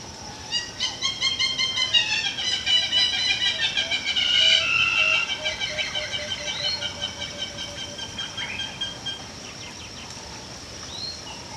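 Hamerkop calls: a rapid series of high, harmonically rich piping notes repeated about three times a second, building then fading, over a steady background hiss.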